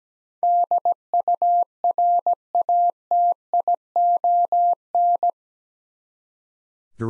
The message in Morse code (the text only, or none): DURATION